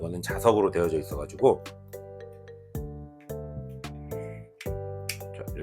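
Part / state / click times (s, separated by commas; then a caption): wide-angle lens into carry case recess / seated / 5.1 s. A magnetic wide-angle lens is pressed into its recess inside a carry case while someone talks over background music. A sharp snap is heard at 5.1 seconds as the lens seats and attaches.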